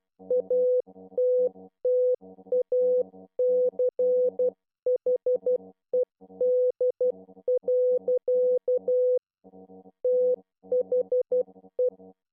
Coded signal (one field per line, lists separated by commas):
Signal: Morse code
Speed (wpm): 12 wpm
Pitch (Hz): 500 Hz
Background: none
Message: ATTACHED. THE